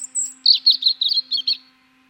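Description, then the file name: European robin song: a thin high whistle, then a quick run of varied, tinkling, high-pitched notes lasting just over a second. "Erithacus rubecula"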